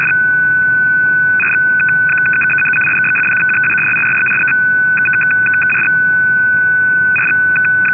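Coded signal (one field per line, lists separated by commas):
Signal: numbers station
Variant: F06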